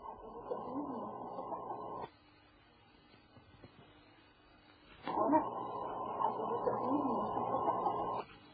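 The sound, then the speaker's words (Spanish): A purported call of the Loch Ness monster (Nessie), later attributed to a seal: two long, low, rough droning cries with wavering, bellowing tones, each lasting a couple of seconds, separated by a quiet gap of faint hiss. “Así es como suena el supuesto monstruo del lago Ness.”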